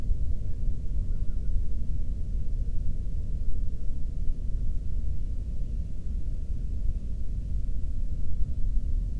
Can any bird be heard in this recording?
yes